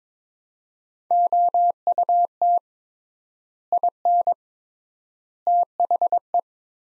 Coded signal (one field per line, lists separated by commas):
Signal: Morse code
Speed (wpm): 21 wpm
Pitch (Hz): 700 Hz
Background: none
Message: OUT IN THE